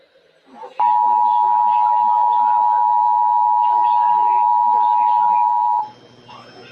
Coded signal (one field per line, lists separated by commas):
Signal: Emergency Alert System (SAME) tones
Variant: 853 and 960 Hz attention tone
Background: speech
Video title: KIH35 Just dies... EAS Alerts from 6/22/22